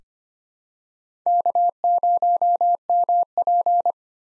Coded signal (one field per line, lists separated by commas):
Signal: Morse code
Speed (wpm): 25 wpm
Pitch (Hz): 700 Hz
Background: none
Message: K0MP